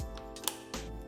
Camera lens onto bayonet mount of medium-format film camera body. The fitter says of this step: so it just clicks into place like that